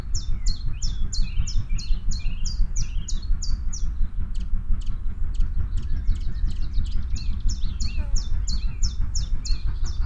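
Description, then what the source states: Common chiffchaff song: bright, evenly spaced two-pitched notes briskly repeated in two runs, with a short pause of other bird chatter between, over steady low rumble. Song of an adult bird.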